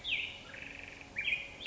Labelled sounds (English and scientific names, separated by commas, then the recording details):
Black-headed Grosbeak (Pheucticus melanocephalus)
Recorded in Sonoma County, California